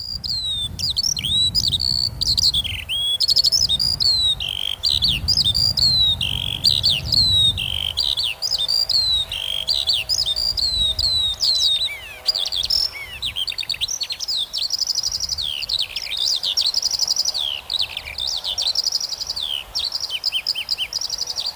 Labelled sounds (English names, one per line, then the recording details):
Eurasian Skylark song
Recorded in the wild
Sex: male
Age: adult
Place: Mühlenbecker Land, OT Schönfließ, Brandenburg, DE
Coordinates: 52.6644, 13.34
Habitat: field
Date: 1983-06-04 11:46
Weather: hazy, 18-26°C, light winds
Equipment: Nagra SN, Kopie Uher 4000 Monitor Report
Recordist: Tembrock, Günter